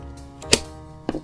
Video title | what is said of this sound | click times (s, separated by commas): Eastman Kodak Vest Pocket Camera - Wodiki Food & Drink Review #006 | and you heard that second click there that's very important to do because you need | 1.1 s